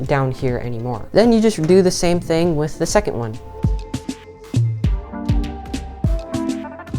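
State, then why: Not seated. Someone talks over background music while handling the second RAM module for a motherboard DIMM slot, with a few brief sharp handling sounds near 3.9, 4.8 and 5.7 seconds. The clip ends before the module goes home, so nothing has seated or clicked yet.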